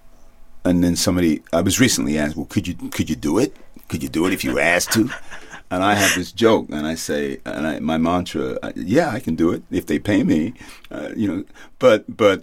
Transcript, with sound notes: And then somebody - I was recently asked, well, could you do it? Could you do it if you were asked to?
(Laughter).
And I have this joke, and I say - and I - my mantra, yeah, I can do it if they pay me, you know.